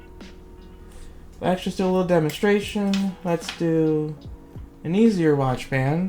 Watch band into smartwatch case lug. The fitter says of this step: and you hear that little click